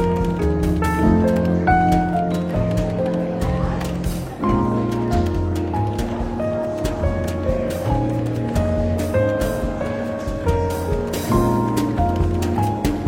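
Soft, easygoing jazz plays under a light murmur of chatter in a London bookshop café. Steady bass notes and warm chords shift every second or so, with occasional brighter melodic notes, while faint clinks and voices tick along the background throughout.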